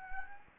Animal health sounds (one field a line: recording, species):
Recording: mosquito wingbeat signal from an infrared sensor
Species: Anopheles gambiae